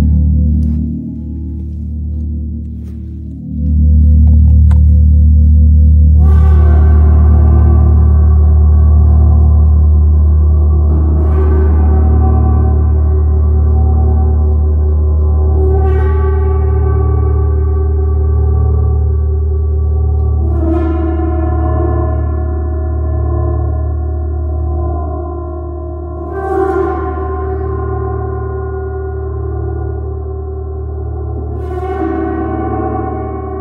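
A gong is struck repeatedly, with a deep, steady hum that swells at about four seconds and holds throughout. Fresh strikes land roughly every five seconds, near 6, 11, 16, 21, 26 and 31 seconds, each adding a bright shimmer that fades into the lingering low drone.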